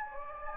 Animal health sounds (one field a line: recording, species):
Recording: mosquito wingbeat signal from an infrared sensor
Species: Anopheles gambiae